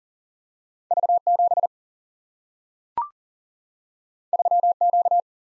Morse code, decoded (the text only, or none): V7 3Q